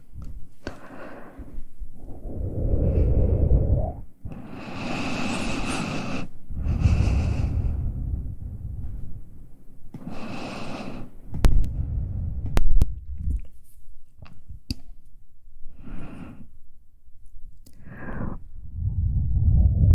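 Soft mouth sounds: low, muffled swells and breathy hisses come in bursts, with airier rushes around five to seven seconds and again near ten. Sharp little wet clicks and smacks pop out between twelve and fifteen seconds.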